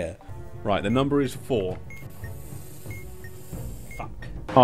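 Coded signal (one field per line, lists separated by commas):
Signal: none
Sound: game sound beeps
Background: speech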